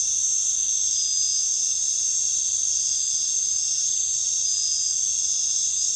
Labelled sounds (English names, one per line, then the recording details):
none
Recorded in dense forest near Puerto Asís, Putumayo, Colombia, on 19 February 2024 at 23:30
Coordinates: 0.505, -76.324
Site G6467